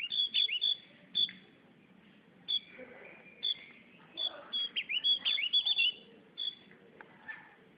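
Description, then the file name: Javan grey-throated white-eye song: bursts of high, sharp chirps and short slurred whistles, repeated in quick irregular clusters with brief pauses between them. "opiorjawa omkicau"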